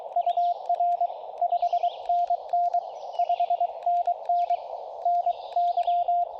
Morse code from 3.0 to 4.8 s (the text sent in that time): 5NN